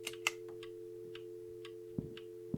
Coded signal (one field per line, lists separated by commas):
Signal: telephone call progress tone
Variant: North America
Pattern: dial tone